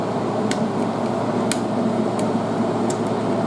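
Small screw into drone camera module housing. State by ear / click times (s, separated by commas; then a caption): stripped / 0.5 s, 1.5 s. A Torx bit drives a small screw into a drone camera module housing during reassembly, with a steady low hum throughout. Sharp slipping clicks at 0.5 s and 1.5 s are the bit skipping in the screw head, followed by a few fainter ticks. The screw head is badly stripped.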